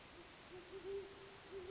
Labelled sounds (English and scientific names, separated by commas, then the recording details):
Great Horned Owl (Bubo virginianus)
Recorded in Sonoma County, California